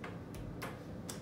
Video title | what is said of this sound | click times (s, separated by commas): So you got a Cello!! | and it should start pulling down until at some point it clicks into place | 1.1 s